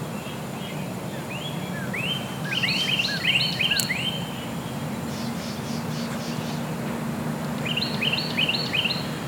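Bird song of quick rising whistles and bright chirping notes in a short phrase, then a second phrase beginning, against constant low background hum.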